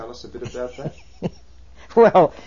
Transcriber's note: she laughs